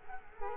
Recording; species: mosquito wingbeat signal from an infrared sensor; Culex quinquefasciatus